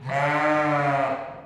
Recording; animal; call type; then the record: contact call of a hoofed animal; sheep; low-frequency (closed-mouth) or high-frequency (open-mouth) call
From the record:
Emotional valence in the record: positive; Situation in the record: reunion with pen mate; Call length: 1.46 s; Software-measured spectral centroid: 1530 Hz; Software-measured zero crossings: 1720 a second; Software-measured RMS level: -24 dBFS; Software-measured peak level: -10 dBFS